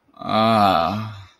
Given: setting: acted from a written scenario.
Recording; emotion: vocal sound without words; ecstasy